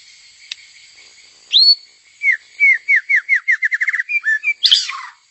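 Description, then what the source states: White-rumped Shama song opening with a rising whistle, then a series of downslurred notes that speeds up, ending on a harsh, rasping note. Female.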